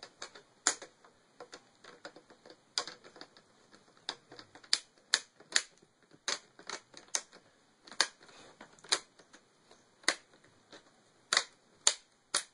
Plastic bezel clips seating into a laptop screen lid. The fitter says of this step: and similarly to what when we removed it we'll be hearing some nice audible clicks